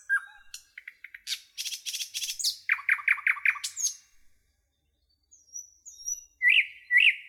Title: A Beautiful Nightingale Song